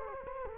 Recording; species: mosquito wingbeat signal from an infrared sensor; Culex quinquefasciatus